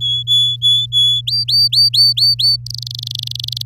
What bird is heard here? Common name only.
Domestic Canary